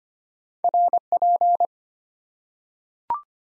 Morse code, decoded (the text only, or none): RP